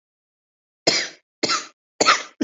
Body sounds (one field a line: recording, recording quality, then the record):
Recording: shallow voluntary cough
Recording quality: excellent, no background noise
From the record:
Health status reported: exposed to COVID-19, no respiratory illness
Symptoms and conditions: cough, cold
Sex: female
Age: 49 years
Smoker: no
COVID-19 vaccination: both doses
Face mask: not worn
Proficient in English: no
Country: India